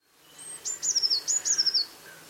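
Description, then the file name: Eurasian blue tit calling, a high piping note then two fast descending trilled phrases over faint background hiss. "Cyanistes caeruleus"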